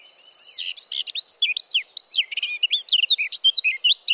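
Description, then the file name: Eurasian blackcap song: loud, continuous warbling of quick varied notes, chattering and whistled elements tumbling together without pause. "Sylvia atricapilla"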